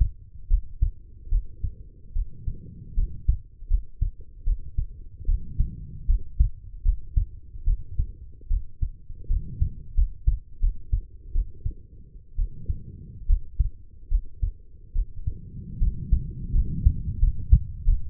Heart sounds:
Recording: heart sounds by stethoscope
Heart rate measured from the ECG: 76 bpm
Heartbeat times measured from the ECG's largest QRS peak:
0.48 s: heartbeat
1.29 s: heartbeat
2.13 s: heartbeat
2.94 s: heartbeat
3.68 s: heartbeat
4.44 s: heartbeat
5.25 s: heartbeat
6.06 s: heartbeat
6.83 s: heartbeat
7.64 s: heartbeat
8.48 s: heartbeat
9.27 s: heartbeat
9.94 s: heartbeat
10.60 s: heartbeat
11.32 s: heartbeat
12.35 s: heartbeat
13.26 s: heartbeat
14.08 s: heartbeat
14.92 s: heartbeat
15.78 s: heartbeat
16.52 s: heartbeat
17.19 s: heartbeat
17.84 s: heartbeat
From the record:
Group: healthy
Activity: rest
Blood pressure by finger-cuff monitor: 113/74 mmHg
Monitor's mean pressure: 85 mmHg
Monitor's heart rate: 74 bpm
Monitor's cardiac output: 5.7 L/min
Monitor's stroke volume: 78 mL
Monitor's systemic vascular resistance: 1080 dyn s/cm5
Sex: female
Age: 23 years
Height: 160 cm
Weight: 50.4 kg

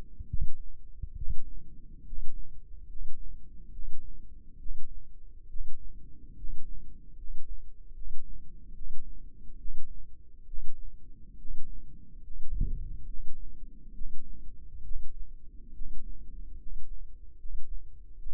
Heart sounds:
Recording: heart sounds by microphone in the left ear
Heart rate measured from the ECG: 70 bpm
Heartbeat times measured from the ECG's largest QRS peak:
0.27 s: heartbeat
1.15 s: heartbeat
2.04 s: heartbeat
2.87 s: heartbeat
3.71 s: heartbeat
4.58 s: heartbeat
5.48 s: heartbeat
6.35 s: heartbeat
7.16 s: heartbeat
7.93 s: heartbeat
8.73 s: heartbeat
9.57 s: heartbeat
10.45 s: heartbeat
11.36 s: heartbeat
12.21 s: heartbeat
13.05 s: heartbeat
13.92 s: heartbeat
14.82 s: heartbeat
15.72 s: heartbeat
16.57 s: heartbeat
17.37 s: heartbeat
18.18 s: heartbeat
From the record:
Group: healthy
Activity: rest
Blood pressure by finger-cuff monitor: 111/71 mmHg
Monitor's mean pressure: 80 mmHg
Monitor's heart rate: 70 bpm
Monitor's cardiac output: 6.1 L/min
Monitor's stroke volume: 86 mL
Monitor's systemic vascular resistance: 960 dyn s/cm5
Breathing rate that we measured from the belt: 12 breaths a minute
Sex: male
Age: 35 years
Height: 180 cm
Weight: 86.9 kg

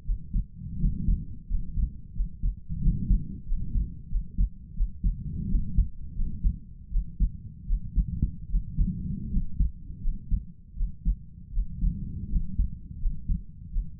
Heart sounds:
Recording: heart sounds by stethoscope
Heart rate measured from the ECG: 83 bpm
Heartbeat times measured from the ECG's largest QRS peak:
0.03 s: heartbeat
0.77 s: heartbeat
1.46 s: heartbeat
2.12 s: heartbeat
2.79 s: heartbeat
3.44 s: heartbeat
4.07 s: heartbeat
4.73 s: heartbeat
5.47 s: heartbeat
6.13 s: heartbeat
6.89 s: heartbeat
7.64 s: heartbeat
8.47 s: heartbeat
9.28 s: heartbeat
10.00 s: heartbeat
10.74 s: heartbeat
11.50 s: heartbeat
12.28 s: heartbeat
12.98 s: heartbeat
13.69 s: heartbeat
From the record:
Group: healthy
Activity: rest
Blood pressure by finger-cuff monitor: 91/57 mmHg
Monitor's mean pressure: 68 mmHg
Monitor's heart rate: 82 bpm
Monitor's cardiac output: 5.4 L/min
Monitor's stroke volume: 65 mL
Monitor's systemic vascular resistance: 880 dyn s/cm5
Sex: male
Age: 22 years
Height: 181 cm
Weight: 60 kg

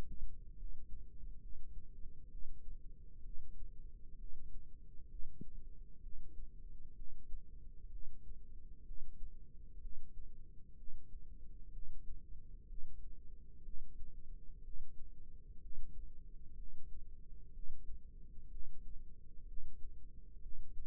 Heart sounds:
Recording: heart sounds by microphone in the left ear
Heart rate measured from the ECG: 64 bpm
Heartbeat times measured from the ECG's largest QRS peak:
0.56 s: heartbeat
1.39 s: heartbeat
2.29 s: heartbeat
3.22 s: heartbeat
4.16 s: heartbeat
5.08 s: heartbeat
6.00 s: heartbeat
6.94 s: heartbeat
7.89 s: heartbeat
8.84 s: heartbeat
9.79 s: heartbeat
10.75 s: heartbeat
11.70 s: heartbeat
12.66 s: heartbeat
13.62 s: heartbeat
14.62 s: heartbeat
15.59 s: heartbeat
16.55 s: heartbeat
17.51 s: heartbeat
18.49 s: heartbeat
19.45 s: heartbeat
20.40 s: heartbeat
From the record:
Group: healthy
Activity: breath hold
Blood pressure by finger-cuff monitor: 138/69 mmHg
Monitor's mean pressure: 89 mmHg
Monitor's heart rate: 63 bpm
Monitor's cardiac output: 5.8 L/min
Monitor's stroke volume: 91 mL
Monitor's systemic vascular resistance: 1140 dyn s/cm5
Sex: female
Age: 37 years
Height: 168 cm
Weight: 70 kg

